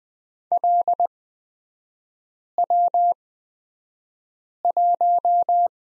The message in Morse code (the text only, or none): LW1